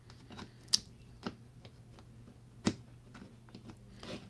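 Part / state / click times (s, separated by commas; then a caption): plastic accessory onto toy castle / seated / 0.7 s. A plastic accessory is repositioned after a failed attempt and pressed onto an Origins Castle Grayskull toy castle. Among quieter plastic handling taps and rustles, a sharp snap is heard at 0.7 s. The accessory seats into place on the castle.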